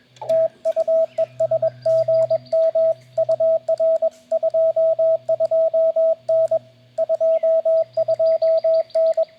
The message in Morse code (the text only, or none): TU ES GM UR 22N 22N